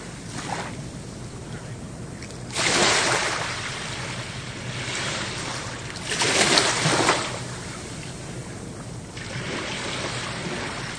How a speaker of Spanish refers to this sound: Sonido del mar. Ya que somos isleños, Interinet está en Internet rodeado de agua, de mar.